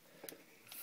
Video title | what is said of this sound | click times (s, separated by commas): Transformers Henkei classics Bumblebee video review | flips and clicks into place like that | 0.3 s